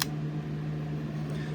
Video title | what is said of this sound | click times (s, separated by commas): Mr J, Blade Showcase | And with a satisfying click, the leaf spring locks the blade in place. | 0.0 s